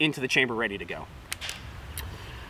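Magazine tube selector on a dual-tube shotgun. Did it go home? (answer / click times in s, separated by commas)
yes / 1.3 s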